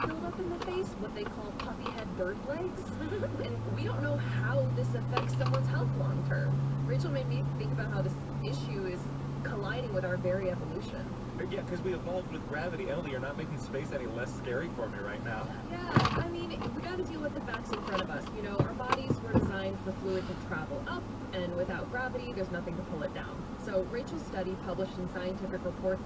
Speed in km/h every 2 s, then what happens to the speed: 0, 0, 0, 0, 0, 0, 0, 0, 0, 0, 0, 0, 0.
0-26 standing.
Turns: none.